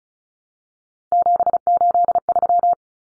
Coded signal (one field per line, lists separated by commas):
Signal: Morse code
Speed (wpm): 34 wpm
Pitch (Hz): 700 Hz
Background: none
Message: 783